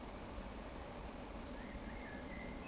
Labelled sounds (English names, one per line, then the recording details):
Eurasian Woodcock whistle
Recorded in Baden-Württemberg, Germany, on 12 June 2020 at 20:00 UTC
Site 14569, 102 m above sea level